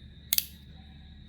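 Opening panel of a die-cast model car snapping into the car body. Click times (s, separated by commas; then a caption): 0.3 s, 0.4 s. An opening panel on a Matchbox die-cast metal model of a 1989 Mercedes-Benz 450 SEL is pushed shut into the car body, giving two sharp, bright clicks at 0.3 s and 0.4 s over a quiet background. The part snaps firmly into place with a satisfying click and is not loose, and a faint tick follows near 1.3 s.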